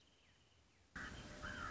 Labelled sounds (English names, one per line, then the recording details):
Wrentit
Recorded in Sonoma County, California